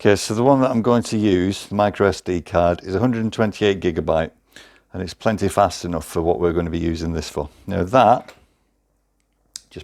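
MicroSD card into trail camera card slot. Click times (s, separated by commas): 9.6 s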